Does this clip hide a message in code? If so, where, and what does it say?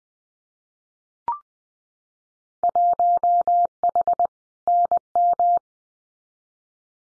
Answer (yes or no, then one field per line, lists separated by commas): yes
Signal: Morse code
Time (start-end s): 2.6-5.6 s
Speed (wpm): 20 wpm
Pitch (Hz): 700 Hz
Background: none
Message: 1H NM